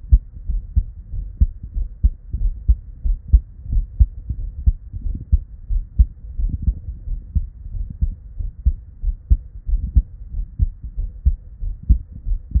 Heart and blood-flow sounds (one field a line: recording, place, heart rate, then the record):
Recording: heart sounds by stethoscope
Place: Erb's point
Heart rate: 88 bpm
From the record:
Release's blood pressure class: hypertension stage 1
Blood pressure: 137/85 mmHg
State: at rest